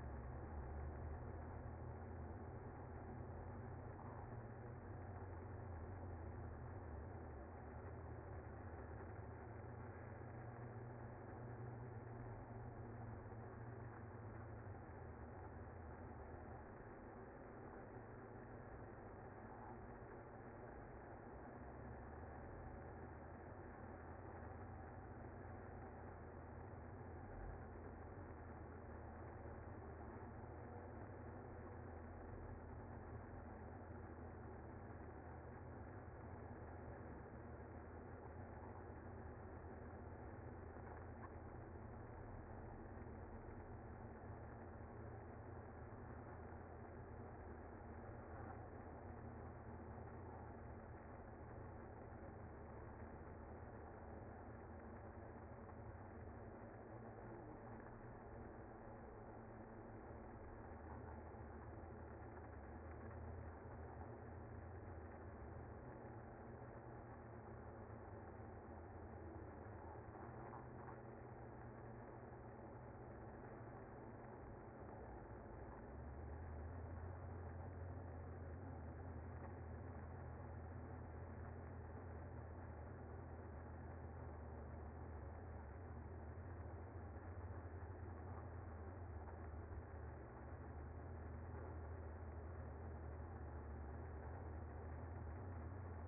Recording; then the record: honeybee colony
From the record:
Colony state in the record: active